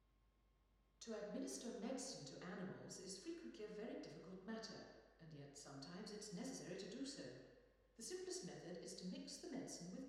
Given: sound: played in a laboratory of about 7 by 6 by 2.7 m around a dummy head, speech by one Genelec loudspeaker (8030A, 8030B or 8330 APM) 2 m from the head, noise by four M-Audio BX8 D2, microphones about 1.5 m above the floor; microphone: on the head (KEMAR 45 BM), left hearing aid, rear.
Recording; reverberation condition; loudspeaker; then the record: female speech in English; high; behind (180 degrees)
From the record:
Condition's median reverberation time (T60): about 1300 ms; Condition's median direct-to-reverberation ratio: about -4.0 dB